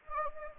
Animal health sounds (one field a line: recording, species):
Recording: mosquito wingbeat signal from an infrared sensor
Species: Anopheles gambiae